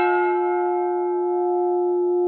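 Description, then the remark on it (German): One stroke of a church bell over a silent village, its deep, rich tone humming on and fading only slowly after the strike. No voices or other sounds. “Der Schlag der Glocke klang ungewöhnlich. Es war ein Ton, den wir nie zuvor gehört hatten. Einzelne Schläge, die über dem stummen Dorf schwebten.”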